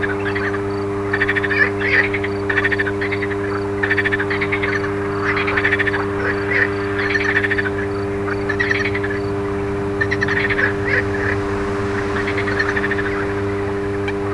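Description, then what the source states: Frogs croaking in a dense series of short pulsed bursts over a steady low electrical hum throughout. Frogs recorded alongside an electrical transformer.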